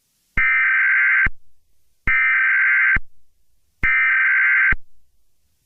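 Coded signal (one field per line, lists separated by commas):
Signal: Emergency Alert System (SAME) tones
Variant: header bursts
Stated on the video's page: Fictional EAS scenario.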